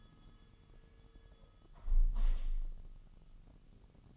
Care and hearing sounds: daily activity, microphone in the room; close window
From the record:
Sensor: 4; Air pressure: 1000.8 hPa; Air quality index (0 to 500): 242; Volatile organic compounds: 40 ppm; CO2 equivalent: 3154 ppm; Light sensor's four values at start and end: 9/20/8/8 and 9/20/8/7

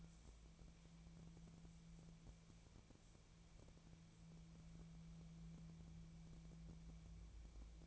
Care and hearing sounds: daily activity, microphone in the room; wipe stove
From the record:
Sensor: 1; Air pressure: 1000.5 hPa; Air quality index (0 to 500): 182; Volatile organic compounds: 4 ppm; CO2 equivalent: 1684 ppm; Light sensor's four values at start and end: 13/32/13/15 and 13/31/13/15

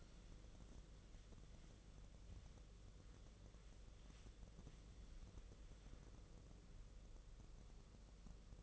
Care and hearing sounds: daily activity, microphone in the room; wipe stove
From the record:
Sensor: 4

